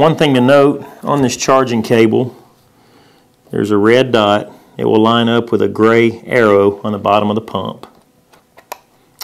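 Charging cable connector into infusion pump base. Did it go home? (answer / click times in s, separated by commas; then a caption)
yes / 8.7 s. Someone talks while lining up the red dot on a charging cable plug with the gray arrow on the bottom of a Sapphire Multi-Therapy infusion pump. After a pause, faint taps come at 8.3 s and 8.6 s, then a sharp click at 8.7 s as the plug seats in the pump's connector. The click locks the plug so it can't be pulled out by the cord.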